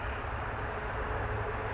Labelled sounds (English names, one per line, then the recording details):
California Towhee
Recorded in Sonoma County, California